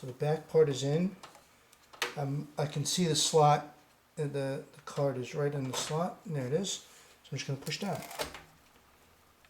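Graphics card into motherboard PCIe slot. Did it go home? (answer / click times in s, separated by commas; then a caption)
no / none. A graphics card is lined up over a motherboard PCIe slot, with its back part already in the slot, while someone talks and is about to push it down. No click is heard; the card has not yet seated and the slot's retention latch has not clicked.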